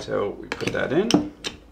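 Someone talks while handling a SMPTE hybrid fiber/power cable connector, aligning its orange tick marks with the mating connector on a breakout box and starting to push it in. Short handling taps and knocks are heard under the speech. Nothing has seated or clicked yet.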